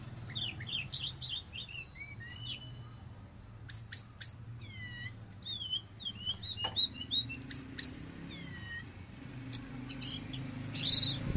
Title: Kicau Kacer